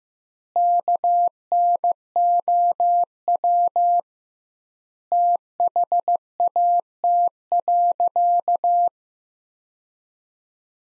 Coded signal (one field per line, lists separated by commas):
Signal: Morse code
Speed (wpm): 16 wpm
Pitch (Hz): 700 Hz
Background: none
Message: KNOW THAT.